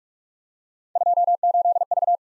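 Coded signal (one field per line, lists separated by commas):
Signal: Morse code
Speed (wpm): 44 wpm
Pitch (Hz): 700 Hz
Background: none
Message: 28V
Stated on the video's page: Three-character letter-number practice drill at 30 wpm, starting fast and slowing to a base speed; the final repeat is sent at maximum speed, 1.5 times the slowest.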